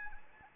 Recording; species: mosquito wingbeat signal from an infrared sensor; Anopheles arabiensis